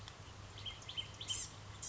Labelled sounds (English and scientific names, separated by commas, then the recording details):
Blue-gray Gnatcatcher (Polioptila caerulea)
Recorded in Sonoma County, California